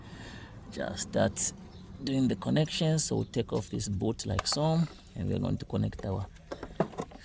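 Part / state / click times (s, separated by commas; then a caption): fuel line quick connector onto fuel pump module outlet / seated / 6.8 s. Someone talks while removing the protective boot from the outlet nipple of a fuel pump module on a 2014 Hyundai Elantra, then pushes the fuel line quick-connect fitting onto it. A sharp click is heard at 6.8 s, among a few light taps just before it. The connector is seated, and a wiggle confirms it is on.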